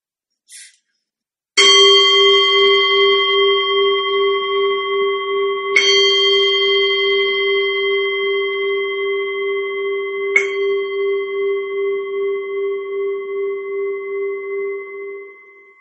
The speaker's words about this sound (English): So if you're ready right now, I will ring the bell. And we will begin with our metta meditation.